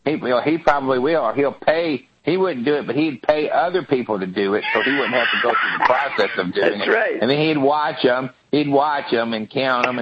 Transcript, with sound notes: He probably will. Well, he probably will. He’ll pay, he wouldn’t do it, but he’d pay other people to do it [laughs] so he wouldn’t have to go through the process of doing it.
That’s right.
And then he’d watch ’em. He’d watch ’em and count ’em.